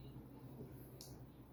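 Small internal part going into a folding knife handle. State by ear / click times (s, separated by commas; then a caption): not seated / none. A small internal part is being fitted into the handle of an Olamic Wayfarer 247 folding knife during reassembly. A steady low rumble runs throughout, with a brief faint high-pitched tick near 1.0 seconds. Nothing has seated or clicked into place yet.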